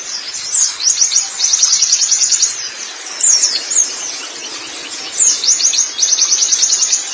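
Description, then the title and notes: White-eye song: fast, high twittering trills in several bursts separated by brief pauses. Chirping song. "Kicauan Burung Pleci Durasi Panjang. Suara kicauan burung pleci"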